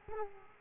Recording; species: mosquito wingbeat signal from an infrared sensor; Aedes aegypti